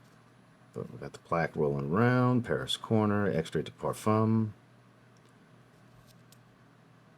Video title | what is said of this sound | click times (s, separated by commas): Paris Corner Farah is a Boozy Tobacco BEAST! | all the goodies nice matte purple finish cap holds into place doesn't click into place | none